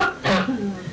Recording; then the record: coughing mixed with background sound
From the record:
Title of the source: Barking cough - # 10